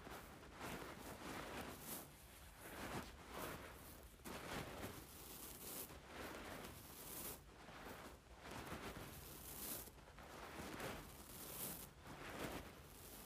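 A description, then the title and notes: Rice is shaken and poured in a dense, continuous rattling hiss, swelling into brighter rushes about every one to two seconds. ASMR Playing with Rice.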